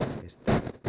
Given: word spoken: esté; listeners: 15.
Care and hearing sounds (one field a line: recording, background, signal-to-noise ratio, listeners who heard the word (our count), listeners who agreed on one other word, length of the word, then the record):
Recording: one Spanish word in noise, from a listening test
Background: noise modulated by one talker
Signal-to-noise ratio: -12.8 dB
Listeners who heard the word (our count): 1 of 15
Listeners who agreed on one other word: 6 of 15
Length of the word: 0.49 s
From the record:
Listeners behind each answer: 6, 4, 2, 1, 1, 1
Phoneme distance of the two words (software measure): 17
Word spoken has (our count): 2 syllables, 4 phonemes, stress on syllable 2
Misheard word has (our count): 2 syllables, 5 phonemes, stress on syllable 2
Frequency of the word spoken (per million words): 79.91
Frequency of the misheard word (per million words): 303.37